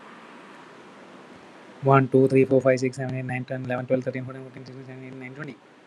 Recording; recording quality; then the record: counting at a fast pace; excellent, no background noise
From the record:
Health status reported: healthy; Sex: male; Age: 37 years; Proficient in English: yes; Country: India